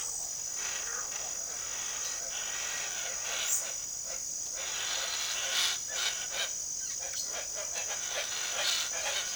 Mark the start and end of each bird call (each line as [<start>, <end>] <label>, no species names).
[0.00, 9.35] bird call